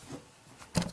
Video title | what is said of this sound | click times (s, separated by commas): SwitchEasy CoverBuddy for NEW iPad/iPad 2 Review | so if we just drop in the iPad of course we're turn to the switch easy website right now it snaps into place | 0.8 s